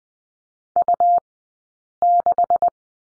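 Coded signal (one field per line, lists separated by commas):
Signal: Morse code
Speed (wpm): 20 wpm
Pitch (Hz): 700 Hz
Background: none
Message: U6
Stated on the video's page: Morse course lesson on the question mark, Farnsworth 20/10wpm.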